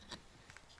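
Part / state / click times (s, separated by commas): rear wiper blade onto rear wiper arm / not seated / none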